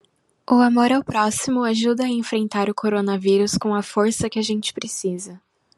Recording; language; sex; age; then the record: spoken sentence; Brazilian Portuguese; female; 20 to 29 years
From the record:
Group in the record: control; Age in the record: 21 years